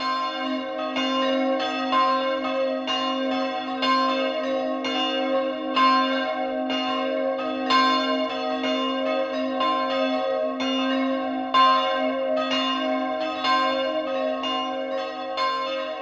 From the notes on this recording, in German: Zwölfuhrläuten aus Hausen bei Bad Kissingen in Unterfranken, Kath. Pfarrkirche Hl. Kreuz